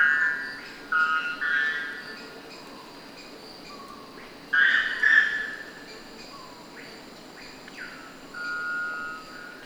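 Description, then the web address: White bellbird calls: loud, ringing tonal notes with harmonics in short bursts, several across ten seconds, over a steady hiss. "sound white-bellbird. صدای-پرنده-بلبرد-شکم-سفید"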